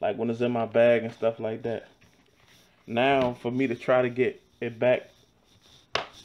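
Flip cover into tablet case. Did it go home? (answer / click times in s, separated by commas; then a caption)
yes / 5.9 s. Someone talks while reattaching the detachable flip cover of an Urban Armor Gear case for the iPad Pro 9.7, a plastic/TPU tablet case. A single sharp snap at 5.9 s marks the flip cover snapping back onto the case and seating in place.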